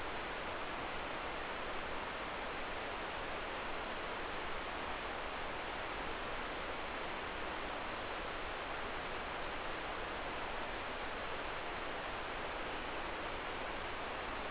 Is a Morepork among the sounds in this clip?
no